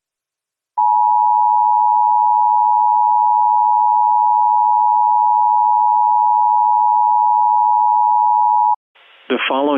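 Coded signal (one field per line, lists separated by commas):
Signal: Emergency Alert System (SAME) tones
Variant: 853 and 960 Hz attention tone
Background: speech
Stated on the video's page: Valid EAS tones in a reenactment mock of a flash flood warning, not a real broadcast.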